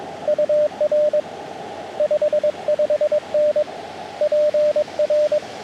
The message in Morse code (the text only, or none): UR 55N PR